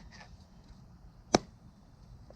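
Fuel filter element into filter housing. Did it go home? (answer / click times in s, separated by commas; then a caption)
yes / 1.4 s. A replacement fuel filter element for an F450 with long crank issues is pushed down by hand into its plastic housing or cap on the bench. A single sharp click at 1.4 s stands out over a quiet background, with a faint tick near 2.3 s. The element seats in the housing.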